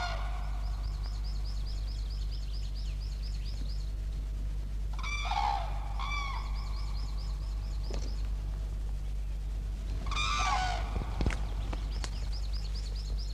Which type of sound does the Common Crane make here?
call